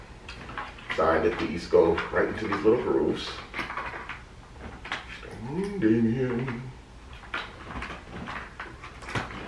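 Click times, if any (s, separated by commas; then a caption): 7.3 s. Someone talks while a front stroller wheel is pressed into the little grooves of its frame mount on the axle. The wheel snaps into place with a sharp click at 7.3 s, seating it firmly.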